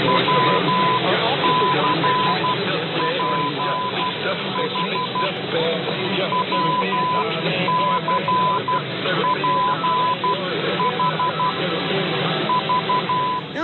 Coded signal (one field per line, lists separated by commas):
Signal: Morse code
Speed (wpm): 12 wpm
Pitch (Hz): 1000 Hz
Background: speech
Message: WCPH WCPH V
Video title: SPECIAL EDITION: DX Central Live | 1150 - KSEN - Shelby, Montana DX Test | Sunday, April 9, 2023